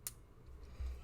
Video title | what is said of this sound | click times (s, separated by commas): WT reviews: Transformers Studio Series DOTM Bumblebee | until it clicks then i gotta | 0.1 s